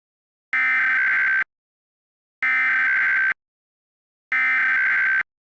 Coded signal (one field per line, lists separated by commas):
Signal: Emergency Alert System (SAME) tones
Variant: header bursts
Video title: (REUPLOAD) EAS Scenario - The Care Bear Revelation (THIS SUCKS AND IT WILL BE REMASTERED)